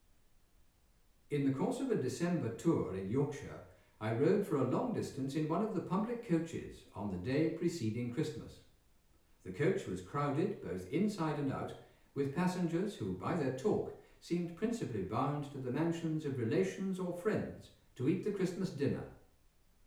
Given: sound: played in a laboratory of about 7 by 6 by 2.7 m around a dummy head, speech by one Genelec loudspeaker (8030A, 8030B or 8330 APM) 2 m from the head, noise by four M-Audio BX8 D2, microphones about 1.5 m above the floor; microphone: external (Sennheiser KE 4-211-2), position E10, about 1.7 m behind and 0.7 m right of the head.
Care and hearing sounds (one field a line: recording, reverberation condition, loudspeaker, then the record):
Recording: male speech in English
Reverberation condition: medium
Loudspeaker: in front (0 degrees)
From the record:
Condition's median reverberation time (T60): about 510 ms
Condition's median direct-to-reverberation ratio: about -0.5 dB